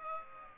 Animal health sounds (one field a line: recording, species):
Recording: mosquito wingbeat signal from an infrared sensor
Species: Aedes aegypti